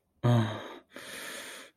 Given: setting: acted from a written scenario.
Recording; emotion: vocal sound without words; desire